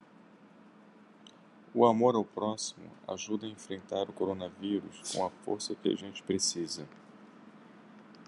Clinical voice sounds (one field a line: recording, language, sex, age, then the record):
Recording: spoken sentence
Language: Brazilian Portuguese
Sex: male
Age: 50 to 59 years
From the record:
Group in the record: control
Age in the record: 50 years